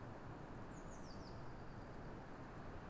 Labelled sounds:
Eurasian Blue Tit
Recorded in Germany
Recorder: ecoPi

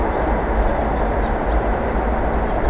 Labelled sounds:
Common Chaffinch
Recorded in Germany
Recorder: ecoPi

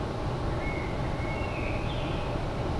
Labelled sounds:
Common Blackbird
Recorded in Germany
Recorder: ecoPi

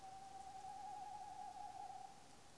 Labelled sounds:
Tawny Owl
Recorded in Germany
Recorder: ecoPi

